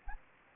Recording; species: mosquito wingbeat signal from an infrared sensor; Anopheles gambiae